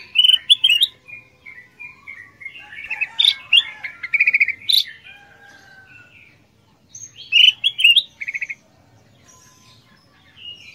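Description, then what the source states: Ruby-throated Bulbul song: bright chirping phrases and trills in bursts, a loud cluster near the start, a longer run midway and another near the end, with quiet pauses. Combined song medley (masteran) used to train songbirds.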